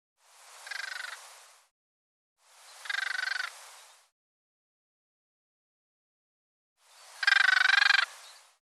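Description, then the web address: Bird calls: three harsh, buzzy notes with rich stacked harmonics, each about one and a half seconds long, separated by gaps of silence, the last the loudest. "cianscape birddata Deverinetal 2025"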